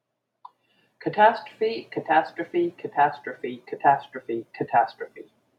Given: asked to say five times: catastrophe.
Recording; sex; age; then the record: repeated word; female; 50 to 59 years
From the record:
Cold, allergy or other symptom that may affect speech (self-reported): no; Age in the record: 59 years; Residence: Florida, United States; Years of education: 16